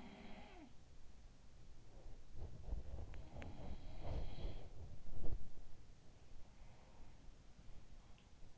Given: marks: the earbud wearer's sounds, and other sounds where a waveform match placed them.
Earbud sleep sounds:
sounds in sleep by an in-ear microphone; body movement
0.00-1.21 s: sound from someone else or the room
1.46-5.97 s: body movement
2.93-5.07 s: sound from someone else or the room
6.35-8.52 s: sound from someone else or the room

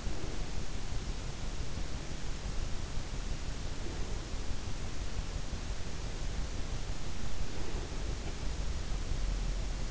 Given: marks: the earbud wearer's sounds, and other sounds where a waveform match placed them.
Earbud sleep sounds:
sounds in sleep by an in-ear microphone; breath
0.00-1.07 s: breath
7.38-8.48 s: breath

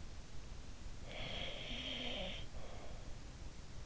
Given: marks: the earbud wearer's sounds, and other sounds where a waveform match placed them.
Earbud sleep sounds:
sounds in sleep by an in-ear microphone; breath
0.38-3.24 s: breath

